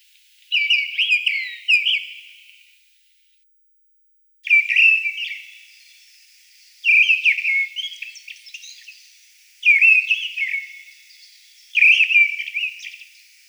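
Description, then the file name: Mistle Thrush song of five clear, fluty whistled phrases, each short and slightly different, delivered every two to four seconds against a calm background. "Turdus viscivorus"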